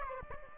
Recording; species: mosquito wingbeat signal from an infrared sensor; Aedes albopictus